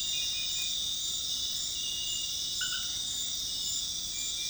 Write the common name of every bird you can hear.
none